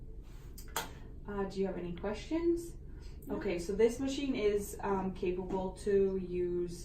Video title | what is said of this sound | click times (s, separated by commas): Glucose Monitor Teaching Video | then you can just pull that lever back until it clicks and then it's ready to go for next time | 0.8 s